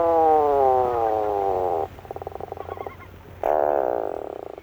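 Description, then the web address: Puffin call: a deep, drawn-out descending groan, a brief pulsing purr, then a renewed loud moaning growl. "BIRD NOTE. In Winter Puffins Lead Very Different Lives"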